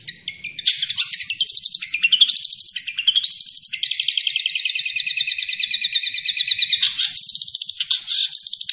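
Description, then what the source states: Long-tailed shrike song, opening with sliding whistled notes and then a long, rapid rattling trill, ending with varied chirps. Singing vigorously, described as gacor.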